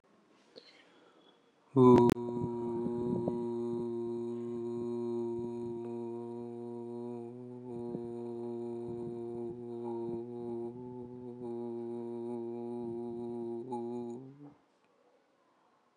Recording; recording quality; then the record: sustained vowel as in boot; excellent, no background noise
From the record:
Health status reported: exposed to COVID-19, no respiratory illness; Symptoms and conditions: none ticked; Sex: male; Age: 25 years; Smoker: not ticked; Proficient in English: yes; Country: India